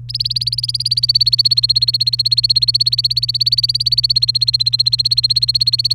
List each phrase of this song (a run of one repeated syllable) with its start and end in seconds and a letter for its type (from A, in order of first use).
0.09-5.94 A